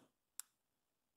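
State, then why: Seated. An input connector jack is pushed by finger pressure into its cutout in a DRO adapter enclosure until the retaining tabs lock. A single sharp snap is heard at 0.4 s, and the jack is seated.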